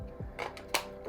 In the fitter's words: So you just put it at the topmost part, slide down and it clicks into place.